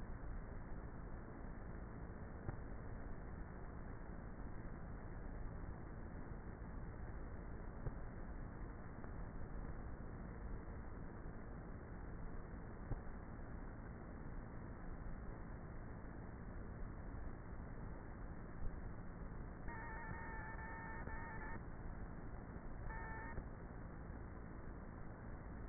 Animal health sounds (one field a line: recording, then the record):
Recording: honeybee colony, microphone inside the hive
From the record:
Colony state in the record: queenless with a low population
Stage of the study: before two queens were removed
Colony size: about 30,000 bees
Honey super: no